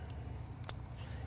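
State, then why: Seated. A waterproof, gel-filled plastic wire connector is snapped shut over a solenoid wire splice after the second solenoid wire is pushed fully into it. Two sharp clicks are heard at 0.6 s and 0.7 s, the second much louder, over a steady low hum. The connector snaps fully closed and is seated.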